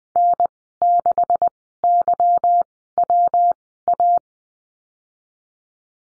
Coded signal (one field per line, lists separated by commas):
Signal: Morse code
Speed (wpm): 20 wpm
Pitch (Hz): 700 Hz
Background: none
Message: N6YWA